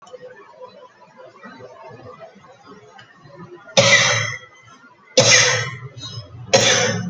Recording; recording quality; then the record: heavy voluntary cough; moderate, slight background noise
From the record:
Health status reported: COVID-19 positive, mild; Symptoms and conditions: cold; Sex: female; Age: 33 years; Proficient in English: no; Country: India